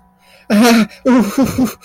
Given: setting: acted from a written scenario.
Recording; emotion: vocal sound without words; fear